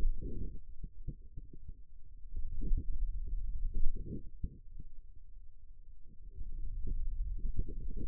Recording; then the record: forearm muscle sounds (acoustic myography)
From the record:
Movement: finger pinch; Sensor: system 2, bracelet of six BSWA MPA416 microphones around the upper forearm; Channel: 3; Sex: male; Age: 22 years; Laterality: right